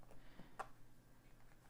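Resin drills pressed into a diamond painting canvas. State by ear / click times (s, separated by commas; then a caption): seated / 0.6 s. A row of resin diamond-painting drills is pressed with a multi-placer tool into the adhesive diamond painting canvas. A short, sharp click at 0.6 s stands out above faint soft tapping as some of the drills seat. Some of the drills clicked into place.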